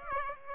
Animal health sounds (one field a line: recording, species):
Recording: mosquito wingbeat signal from an infrared sensor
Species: Aedes aegypti